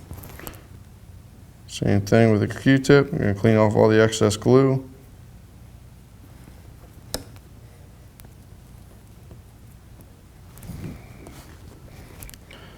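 Someone talks while cleaning excess glue off with a Q-tip and handling the arrow nock holder on a Last Chance Archery Vane Master Pro fletching jig, about to turn it to the next vane position. After the talking comes a sharp tap near 7.1 s, then faint ticks around 12.2–12.3 s. Nothing has clicked or seated into place yet.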